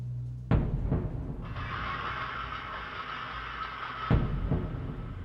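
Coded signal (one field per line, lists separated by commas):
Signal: drum signal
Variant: garamut slit drum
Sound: deep resonant slit-drum booms, two pairs of strokes about three seconds apart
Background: insect or ambient hiss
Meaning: Announces the start of the ceremony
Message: 2-2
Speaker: as the sun sets, the enormous Garamuts announce the start of the ceremony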